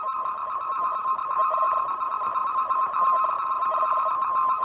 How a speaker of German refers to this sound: Hier die Welle des Epileptikers. Hier die Welle des Gesunden. Wenn wir diese Aufnahme nun verlangsamen, erinnert uns das, was wir nun hören, fast an ein Morse-Signal.